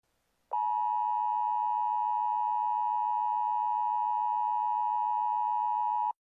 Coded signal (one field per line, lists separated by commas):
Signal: Emergency Alert System (SAME) tones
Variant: 853 and 960 Hz attention tone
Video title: EAS Scenario #2 (The Gamer Disease 2) The Finale